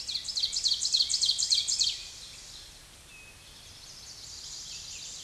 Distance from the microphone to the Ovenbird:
about 15 m